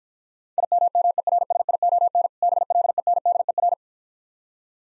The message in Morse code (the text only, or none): IMMERSION BLENDER